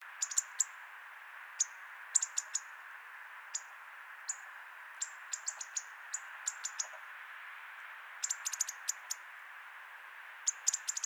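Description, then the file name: European robin calling: short, high notes in irregular clusters of one to five throughout, with a constant background hiss. "Erithacus rubecula"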